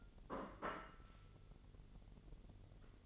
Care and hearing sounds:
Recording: daily activity, microphone in the room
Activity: place plate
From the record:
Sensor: 4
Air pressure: 1002.9 hPa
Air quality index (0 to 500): 248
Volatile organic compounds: 20 ppm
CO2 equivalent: 2695 ppm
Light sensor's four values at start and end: 5/12/4/5 and 5/12/4/5

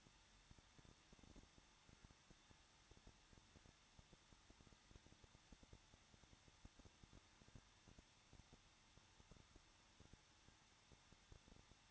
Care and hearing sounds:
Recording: daily activity, microphone in the room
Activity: no activity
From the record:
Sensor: 3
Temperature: 21.2 degrees Celsius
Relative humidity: 36.4%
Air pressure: 1006.3 hPa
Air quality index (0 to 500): 222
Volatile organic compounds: 41 ppm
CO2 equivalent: 3172 ppm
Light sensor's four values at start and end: 2/3/2/2 and 2/3/2/2

